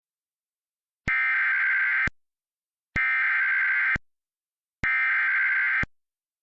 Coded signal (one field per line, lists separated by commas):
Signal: Emergency Alert System (SAME) tones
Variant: header bursts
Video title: California SVR - EAS Mock/Tom Splicing Test